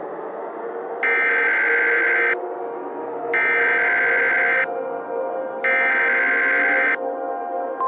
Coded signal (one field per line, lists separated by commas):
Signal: Emergency Alert System (SAME) tones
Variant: header bursts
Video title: EAS Scenario - Carti Fans Ramapge